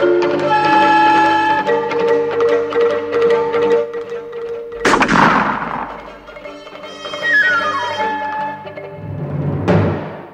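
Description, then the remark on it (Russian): A loud rifle shot, fired by Calhoun from horseback while chasing the headless horseman in a radio play, cracks out over steady background music, its noisy tail dying away over a second or so, and another sharp burst hits near the end. “Облачко дыма вырвалось из дула ружья, и какой-то предмет, словно возникнув из этого дыма, упал на землю.”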